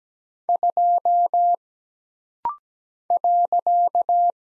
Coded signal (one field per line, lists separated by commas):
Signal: Morse code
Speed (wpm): 17 wpm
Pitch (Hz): 700 Hz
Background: none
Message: 2 .